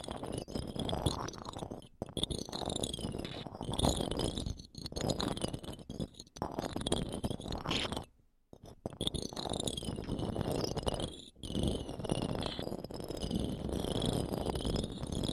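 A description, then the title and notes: Sounds inside the ears: a dense, rumbling low roar with a steady high ringing, chirring like crickets, running above it. The texture holds mostly constant but cuts out abruptly a few times, most clearly for about half a second near the eight-second mark. ASMR Sleep Sounds Inside Your Ears! (No Talking).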